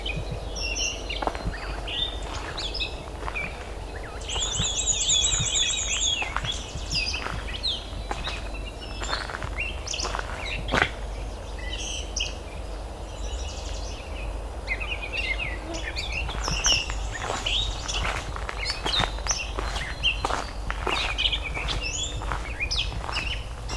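Birds call and sing all through the recording at Valens Lake in June, with quick bright chirps, trills and a rapid repeated warble around five seconds and again near seventeen. A steady low rumble and hiss run underneath, with occasional sharp clicks.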